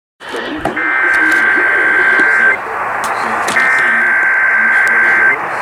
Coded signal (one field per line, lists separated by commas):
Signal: Emergency Alert System (SAME) tones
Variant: header bursts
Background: speech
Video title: RMTs to End Summer School! (Monthly EAS Tests from 7/11/23) (EAS #1,034-1,042)